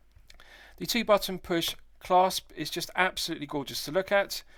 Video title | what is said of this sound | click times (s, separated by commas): San Martin SN020-G Limited Edition 4K Watch Review | nice positive action to the two triggers good firm resistance good reassuring positive click | 0.3 s, 0.4 s